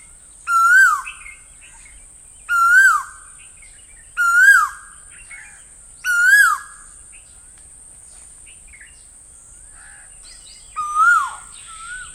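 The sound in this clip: Bird calls, five loud notes that rise then drop sharply, the first four about two seconds apart, then a pause before the last.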